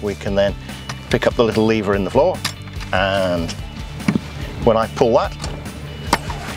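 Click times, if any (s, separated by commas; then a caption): 6.1 s. Someone talks while pulling the small floor lever of the freewheel lock in the transfer box of a 1950 Land Rover Series 1, locking out the freewheel unit so the front and rear axles work together, for reversing up or driving down a slippery hill in low range. A sharp click sounds at 6.1 s as the lever seats in the locked position, locking the front output permanently.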